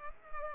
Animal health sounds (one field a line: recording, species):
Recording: mosquito wingbeat signal from an infrared sensor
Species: Culex pipiens